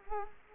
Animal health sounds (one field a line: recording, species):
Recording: mosquito wingbeat signal from an infrared sensor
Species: Culex quinquefasciatus